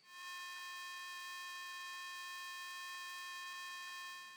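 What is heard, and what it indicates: A steady, unbroken electric buzz made of several stacked pitches, mid to high, holds at even loudness for about four seconds. This is a simulation of tinnitus heard as buzzing, one of the ways people describe ringing in the ears.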